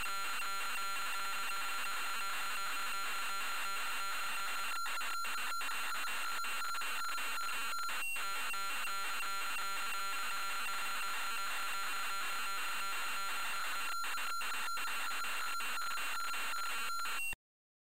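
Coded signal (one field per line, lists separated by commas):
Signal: computer data on cassette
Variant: Amstrad CPC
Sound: harsh continuous screeching buzz with a steady whine, broken by brief gaps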